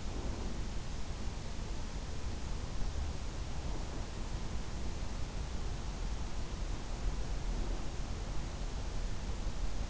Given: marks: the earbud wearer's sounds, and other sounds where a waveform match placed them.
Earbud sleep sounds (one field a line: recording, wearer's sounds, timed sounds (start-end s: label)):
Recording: sounds in sleep by an in-ear microphone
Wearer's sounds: breath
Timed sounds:
0.00-0.82 s: breath